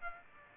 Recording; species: mosquito wingbeat signal from an infrared sensor; Aedes aegypti